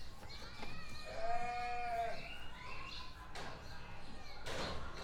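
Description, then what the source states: Sheep giving a single quavering bleat of about a second. Sheep in a pen.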